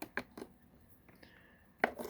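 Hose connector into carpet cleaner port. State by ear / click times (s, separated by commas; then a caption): seated / 1.8 s. A small plastic hose connector is pushed onto its port on the body of a Hoover PowerScrub Elite (FH50250) carpet deep cleaner. A few soft plastic knocks and handling sounds come first. A sharp click follows at 1.8 s as the connector seats into place.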